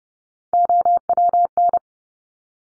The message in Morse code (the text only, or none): OWN